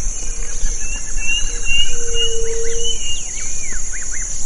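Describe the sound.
Bird calls, a few drawn-out whistles followed by quick arched chirps near the end, against a constant high buzzing background and low noise.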